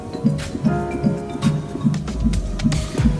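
Rapid, regular whooshing pulses at about 150 a minute, the typical sound of a Doppler fetal monitor. This is a fetal heartbeat, heard during a pregnancy check, with a rate inside the usual fetal range of roughly 110 to 160 beats a minute.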